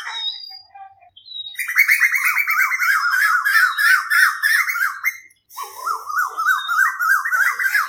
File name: Tu Hu - Cua Nhau